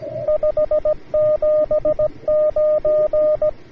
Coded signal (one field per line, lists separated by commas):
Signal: Morse code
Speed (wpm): 17 wpm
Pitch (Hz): 610 Hz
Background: radio noise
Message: 579